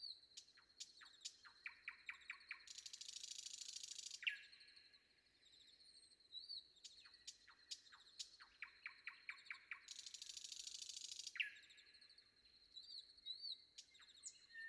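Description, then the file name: Common nightingale delivering two long phrases, each with stacked repeated notes building into a loud buzzy trill, separated by a short pause, faint hiss behind. Common nightingale singing before dawn. "predawn nightingale"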